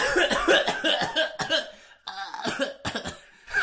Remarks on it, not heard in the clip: I was sick like 4 weeks ago. I got better, but I still cough. It's just like a tickle still in my throat that I have.